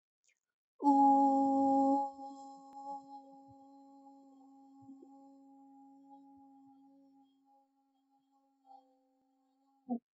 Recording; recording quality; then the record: sustained vowel as in boot; excellent, no background noise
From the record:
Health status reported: recovered from COVID-19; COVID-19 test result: positive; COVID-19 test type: RT-PCR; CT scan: not taken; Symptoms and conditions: loss of smell and taste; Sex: female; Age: 22 years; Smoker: no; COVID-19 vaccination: both doses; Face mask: not worn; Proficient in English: yes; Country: India